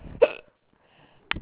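Two abrupt, sharp catching sounds about a second apart, typical of hiccups.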